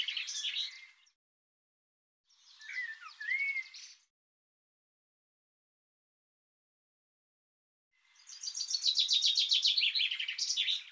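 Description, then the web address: Bird song: two short warbled phrases, then after a long silence an extended rapid trill of repeated buzzy high notes. Recording cleaned and normalized; bird labelled 'Tu Me Tu Me'. "cianscape birddata Deverinetal 2025 File cleaned normalized Bird Tu Me Tu Me"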